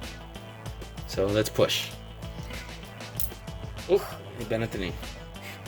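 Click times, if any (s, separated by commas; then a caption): none. A plastic build-a-figure leg piece for the Mattel DC Multiverse collect-and-connect Steppenwolf is bent and pushed toward the knee joint, with light plastic handling sounds under music while someone talks. The clip ends before the leg snaps in, and nothing has seated or clicked yet.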